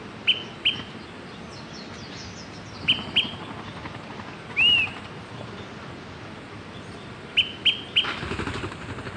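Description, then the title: Smoke-colored pewee giving three short bursts of two or three sharp pip notes, plus one arched, slurred whistle midway, over background hiss. Subspecies zarumae. "LuckyPassaro Completos2Sama. Smoke-colored Pewee (Contopus fumigatus zarumae)"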